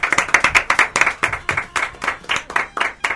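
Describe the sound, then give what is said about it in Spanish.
Several people on the Saliendo Del Termo show clap for a visiting guest in a steady, lively round of applause, the sharp claps overlapping in a fast, continuous rhythm at a fairly loud level with no talking. “Sí, le aplauden todos.”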